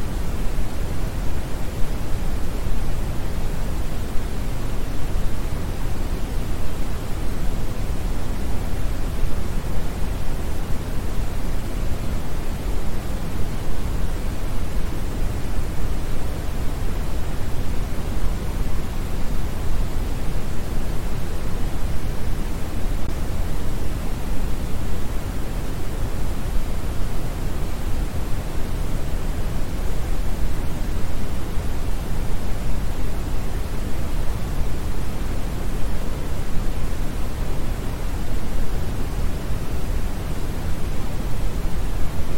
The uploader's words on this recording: Smoothed Brown Noise 1-Hours - Remastered.